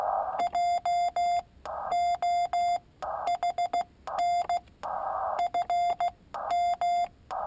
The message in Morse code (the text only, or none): JOHN FM